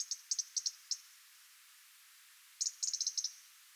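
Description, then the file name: European robin ticking calls, sharp high clicks in two quick bursts of several ticks each, separated by a short pause. "Erithacus rubecula"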